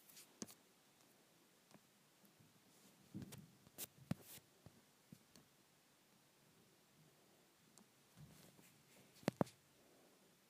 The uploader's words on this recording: ASMR Rubbing my Phone.